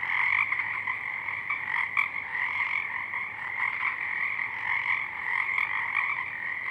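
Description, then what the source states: Pacific chorus frogs in a dense croaking chorus, overlapping raspy calls repeated rapidly, with a few distinct louder notes among the crowd. Chorus of many frogs at dusk; downmixed to stereo from a double mid-side recording; frogs already out in full chorus.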